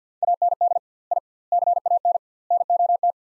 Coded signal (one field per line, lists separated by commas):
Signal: Morse code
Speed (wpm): 48 wpm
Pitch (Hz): 700 Hz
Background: none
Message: AND I CAN NOT